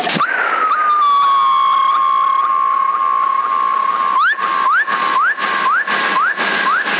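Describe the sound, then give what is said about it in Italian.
A long, steady whistle sinks slowly in pitch over CB radio channel 10 in Sassari, then breaks into a quick run of about seven rising swoops, all thin and band-limited with no talking. “Fischia, fischia, avanti fischietto, che hai bella voce.”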